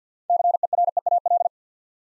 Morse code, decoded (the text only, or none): CEREAL